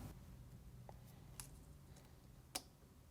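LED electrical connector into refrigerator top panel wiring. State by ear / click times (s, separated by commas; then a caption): seated / 2.6 s. A plastic LED electrical connector is reconnected by hand into the wiring for the top panel of a Whirlpool refrigerator. Two faint ticks are heard at 0.9 s and 1.4 s, then a louder, sharp click at 2.6 s as the connector seats.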